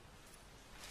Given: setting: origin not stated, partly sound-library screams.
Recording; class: one-second piece from a danger detection set; normal situation